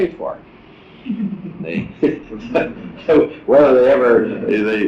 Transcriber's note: laughter